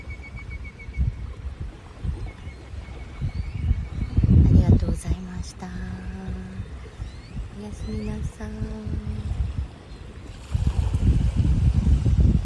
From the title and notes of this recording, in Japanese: メキシカンカリブのビーチより 波打ち際の水の弾ける音と海鳥のさえずりと共に シンギングボウルのサウンドをお届けします。